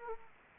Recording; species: mosquito wingbeat signal from an infrared sensor; Anopheles gambiae